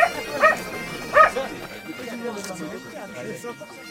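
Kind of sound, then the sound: animal, dog barking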